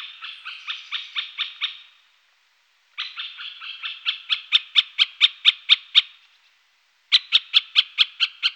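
Great spotted woodpecker calls: bursts of rapid, rasping chattering notes separated by short silences, the notes getting sharper and louder within the middle burst.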